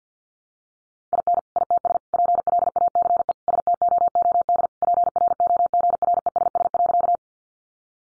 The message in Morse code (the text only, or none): IN ITS PLACE STOOD PROGRESS.